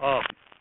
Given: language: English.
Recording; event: throat vibration sensor signal played as sound; speech